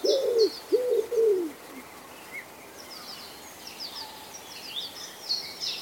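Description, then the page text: Common wood pigeon cooing: three or four deep coos in quick succession at the start, then high twittering from small birds continues. "Common Wood Pigeon Call #cooing. knut the bird nerd"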